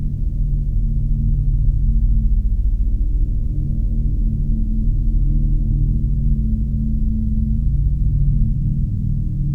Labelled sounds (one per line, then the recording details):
man-made sound
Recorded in the Arctic National Wildlife Refuge, Alaska, on 3 September 2019 at 14:43
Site 42